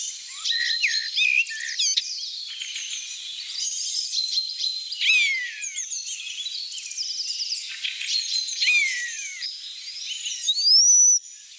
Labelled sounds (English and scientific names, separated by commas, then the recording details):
European Starling (Sturnus vulgaris) song
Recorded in the wild
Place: Oberrotweil am Kaiserstuhl, Baden-Württemberg, DE
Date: 1988-02-21
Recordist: Schwarz, Dieter
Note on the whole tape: Song